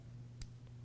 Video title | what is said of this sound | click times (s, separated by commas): How to Connect a Headset to Your MULTIVOICE Intercom | do this you will feel a slight click as the connector locks into place and that's | 0.4 s